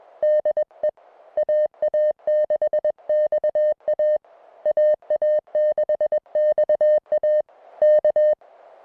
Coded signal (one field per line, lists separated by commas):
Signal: Morse code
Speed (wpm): 21 wpm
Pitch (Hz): 610 Hz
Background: music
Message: DE AA6XA AA6XA K